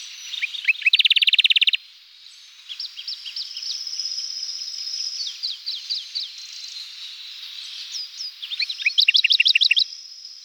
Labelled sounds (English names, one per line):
Radde's Warbler song